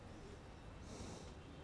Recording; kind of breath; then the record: one breath in and out by a microphone near the nose and mouth; normal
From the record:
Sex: male